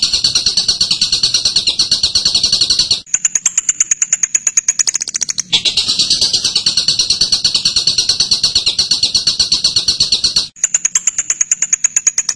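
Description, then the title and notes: Bird song: a dense buzzy chatter of rapid notes, switching abruptly twice to a sharper, higher series of ticking chips. Masteran: a birdsong training recording. "MASTERAN BURUNG. suarane manok"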